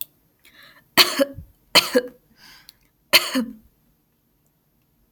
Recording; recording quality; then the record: heavy voluntary cough; excellent, no background noise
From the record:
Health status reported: healthy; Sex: female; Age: 29 years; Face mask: not worn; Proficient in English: yes